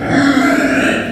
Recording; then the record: squeal of a Yucatan mini pig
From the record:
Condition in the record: after surgery on the right vocal fold (resection and tissue-engineered implant); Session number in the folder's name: 4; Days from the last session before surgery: 26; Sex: female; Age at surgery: 19 weeks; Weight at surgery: 25 kg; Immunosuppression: prednisolone